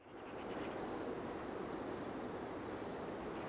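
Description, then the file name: European robin giving two crisp, high ticks, then a quick run of several, then one more, over a soft hissing background. "Erithacus rubecula"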